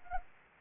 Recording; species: mosquito wingbeat signal from an infrared sensor; Anopheles arabiensis